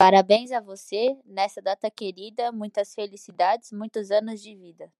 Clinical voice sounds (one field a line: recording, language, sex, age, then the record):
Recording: short text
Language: Brazilian Portuguese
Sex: female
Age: 20 to 29 years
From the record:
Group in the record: control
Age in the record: 25 years